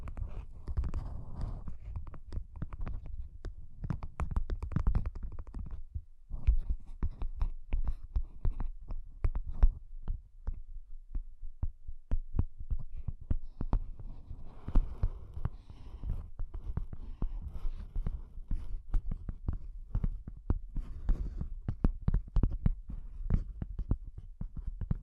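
Soft, bassy tapping runs through the whole 25 seconds, dull low thuds that come quickly and unevenly rather than in a set beat. Some taps carry a light click on top, and a low murmur sits underneath throughout.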